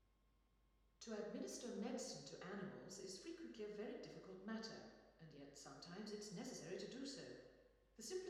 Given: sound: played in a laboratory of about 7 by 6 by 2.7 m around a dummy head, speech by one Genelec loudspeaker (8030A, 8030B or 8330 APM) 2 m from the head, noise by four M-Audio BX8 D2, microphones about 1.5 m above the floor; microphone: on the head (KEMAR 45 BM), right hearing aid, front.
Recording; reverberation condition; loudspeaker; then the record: female speech in English; high; 120 degrees to the right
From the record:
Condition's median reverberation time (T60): about 1300 ms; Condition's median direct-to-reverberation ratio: about -4.0 dB